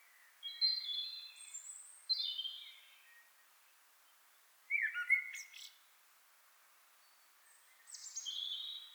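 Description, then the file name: Common blackbird song: short bursts of high, thin, falling notes separated by quiet gaps, with one sharper chattering burst midway. "Turdus merula"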